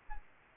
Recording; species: mosquito wingbeat signal from an infrared sensor; Aedes albopictus